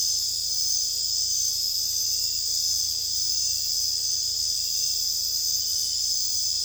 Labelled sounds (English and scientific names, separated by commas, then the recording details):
none
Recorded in secondary vegetation near Puerto Asís, Putumayo, Colombia, on 21 December 2024 at 21:00
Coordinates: 0.484, -76.319
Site GP06